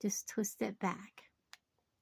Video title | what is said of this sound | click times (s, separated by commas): HOW MANY THINGS CAN I MAKE FROM THIS TRAYIN ONE HOUR? PEACH SORBET BBB | and you hear that click | 1.5 s